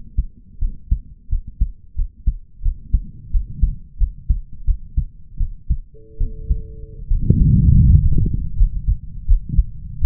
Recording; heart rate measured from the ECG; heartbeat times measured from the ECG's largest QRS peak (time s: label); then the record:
heart sounds by stethoscope; 83 bpm
0.58 s: heartbeat
1.28 s: heartbeat
1.95 s: heartbeat
2.62 s: heartbeat
3.31 s: heartbeat
3.97 s: heartbeat
4.64 s: heartbeat
5.37 s: heartbeat
6.17 s: heartbeat
7.07 s: heartbeat
7.83 s: heartbeat
8.55 s: heartbeat
9.25 s: heartbeat
9.98 s: heartbeat
From the record:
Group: healthy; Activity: rest 0-8 s, Valsalva maneuver 8-10 s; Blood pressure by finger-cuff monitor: 99/74 mmHg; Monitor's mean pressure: 82 mmHg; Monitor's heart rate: 85 bpm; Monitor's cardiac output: 5.4 L/min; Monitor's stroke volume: 66 mL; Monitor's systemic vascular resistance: 1060 dyn s/cm5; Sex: male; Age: 20 years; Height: 187 cm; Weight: 68.9 kg